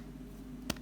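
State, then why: Seated. A plastic cap is pushed onto a Lamy Safari Vista fountain pen and snaps closed with a sharp click at 0.7 s. A faint second tick follows at 0.8 s over a low background hum. The cap is seated securely, giving the pen's characteristic closing sound.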